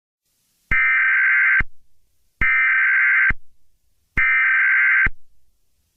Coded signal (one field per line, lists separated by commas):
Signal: Emergency Alert System (SAME) tones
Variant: header bursts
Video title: EAS Scenario #2: Slenderman Rampage.